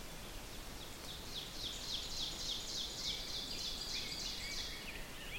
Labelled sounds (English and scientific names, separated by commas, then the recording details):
Ovenbird (Seiurus aurocapilla) song
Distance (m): 75 m
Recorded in boreal forest in Alberta, Canada, on 6 June 2016 at 08:52
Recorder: SongMeter 3, array SBT-3-51
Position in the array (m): 242 m, 148 m
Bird 28